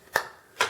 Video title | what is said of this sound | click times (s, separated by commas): Part 1 Fred Bear Mag Riser A with 60 in Limbs. | hear it click | 0.2 s